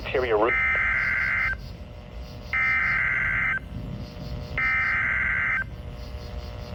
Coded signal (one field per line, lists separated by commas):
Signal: Emergency Alert System (SAME) tones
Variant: header bursts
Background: speech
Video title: (EAS #390) Severe Thunderstorm Warning for Ogle and Lee, Illinois